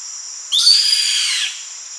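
Bird call: one rough, rasping screech of about one second, noisy and high, over a constant faint high-pitched hiss.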